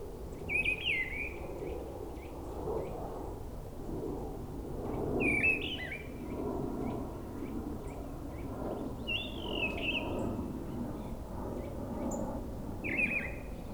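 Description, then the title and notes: Mistle thrush phrases of fluty whistles spaced throughout over a broad roaring rumble, likely aircraft. Singing high in a treetop at a forest edge, Brison-Saint-Innocent, France; Sunday, grey weather, 10°C; frequent aircraft passing from a nearby airport. "Brison-Saint-Innocent, France - Grive draine. En lisière de la forêt une grive draine chante haut perchée à la cime d'un arbre, beaucoup de passages d'avions avec l'aéroport proche un dimanche , il y a quand même un moment plus calme pour l'entendre seule, le temps est gris 10°"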